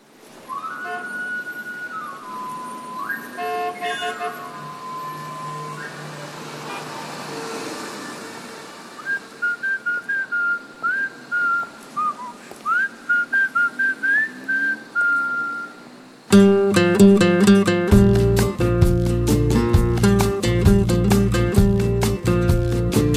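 A lone whistled melody wanders for about sixteen seconds, then a loud new song by a band bursts in with pounding drums, heavy bass and dense guitars, driving steadily to the end.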